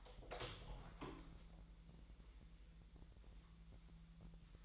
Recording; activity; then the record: daily activity, microphone in the room; open door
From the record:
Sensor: 3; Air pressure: 1001.2 hPa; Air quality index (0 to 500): 249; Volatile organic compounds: 170 ppm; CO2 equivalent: 4104 ppm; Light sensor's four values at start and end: 13/30/13/12 and 13/30/13/13